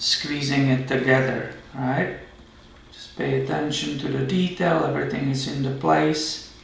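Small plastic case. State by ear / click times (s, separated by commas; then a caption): not seated / none. After the CR2016 batteries are replaced in a Viper alarm remote, the two plastic halves of the case are handled and lined up along the contour to be squeezed together while someone talks. Nothing has snapped closed or clicked yet.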